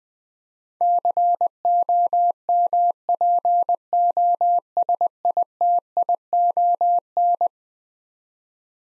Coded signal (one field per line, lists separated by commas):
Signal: Morse code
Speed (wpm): 21 wpm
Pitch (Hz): 700 Hz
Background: none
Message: COMPOSITION